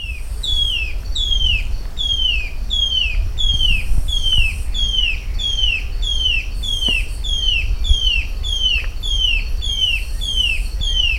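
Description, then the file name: Crescent-chested puffbird repeating thin, falling whistled notes in an even series, nearly two per second, with a steady low rumble underneath. Recorded at Guaraú, Peruíbe, São Paulo, Brazil, 11-12-08. "Malacoptila-striata-Guarau-Peruibe SP-Brazil-11-12-08-ASilveira"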